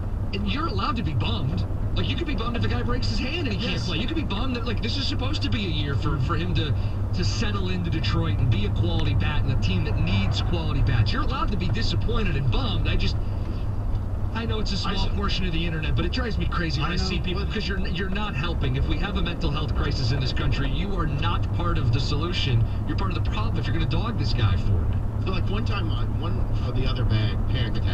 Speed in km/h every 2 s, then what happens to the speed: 32, 32, 32, 32, 32, 34, 32, 27, 27, 31, 34, 34, 34, 37.
0-11 steady at about 32. 11-14 slows to 27. 17-20 speeds up to 34. 20-28 steady at about 34.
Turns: none.